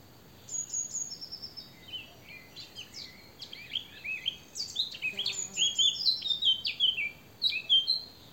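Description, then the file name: Eurasian blackcap warbling steadily, a fast mix of chattering and fluty notes, with a brief low rattling sound midway and high thin whistles above. "Sylvia atricapilla"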